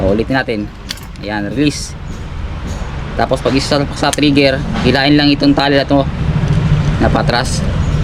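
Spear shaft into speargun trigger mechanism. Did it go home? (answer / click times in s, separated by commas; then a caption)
no / none. A spear shaft is being handled at the trigger mechanism of a speargun, with its line about to be pulled backward to draw it into the trigger lock. Someone talks throughout over faint metallic jingling and low background rumble. Nothing has seated or clicked into the lock yet.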